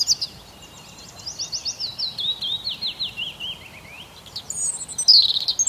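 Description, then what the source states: Bird singing a series of high slurred notes falling slightly in pitch, with steady background noise throughout. Bird song on an early spring morning.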